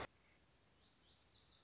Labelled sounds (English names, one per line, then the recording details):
Lazuli Bunting
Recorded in Sonoma County, California